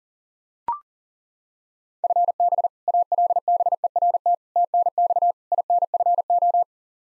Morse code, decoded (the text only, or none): FB ALBERT TNX INFO